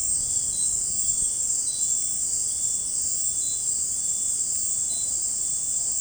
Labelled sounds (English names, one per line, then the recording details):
none
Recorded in dense forest near Puerto Asís, Putumayo, Colombia, on 29 June 2025 at 18:30
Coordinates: 0.503, -76.323
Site G059